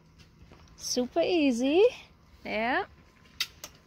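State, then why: Seated. On a pop-up canopy frame, a truss slider latch is pushed up the metal leg until it snaps home and seats. Someone talks over a low background. Then a sharp click sounds at 3.4 s as the latch locks in, followed by a smaller tap at 3.6 s.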